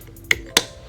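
A plastic cover cap is pushed down over the top of a frame part on a GP130 carry-on power wheelchair. Two sharp clicks ring out at 0.3 s and 0.6 s, and the cap snaps into place, seated.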